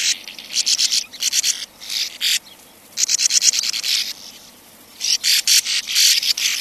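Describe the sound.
Sand martin calls in several bursts of quick, dry buzzy notes separated by short quiet spells.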